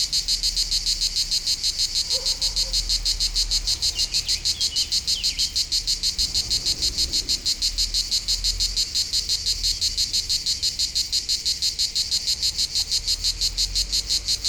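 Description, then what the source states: Cicadas rasping in regular pulses, roughly three per second, a dense high buzz with a soft low rumble beneath. Local cicadas in full activity on a hot summer day at the foot of the Molard de Vions, 39 Rue de Boveron, Vions, France; rhythmic song.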